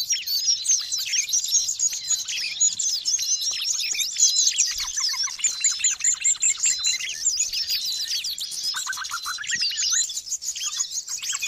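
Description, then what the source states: Birds giving a crowded stream of sharp chirps and whistled slurs, constant and high-pitched. Noisy birds, used as a lure to attract wild birds.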